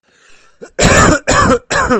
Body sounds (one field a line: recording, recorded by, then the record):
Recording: voluntary cough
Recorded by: messaging app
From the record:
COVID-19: positive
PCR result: self-reported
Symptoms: no